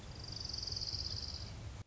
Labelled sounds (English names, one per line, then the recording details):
Orange-crowned Warbler
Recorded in Sonoma County, California